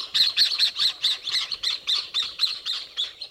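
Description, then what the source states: Jacana giving harsh, high squawking notes in a rapid chattering run throughout. Tropical water birds that may carry chicks under their wings, pinning them against their bodies and trotting across lily pads.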